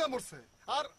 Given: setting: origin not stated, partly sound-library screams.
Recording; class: one-second piece from a danger detection set; normal situation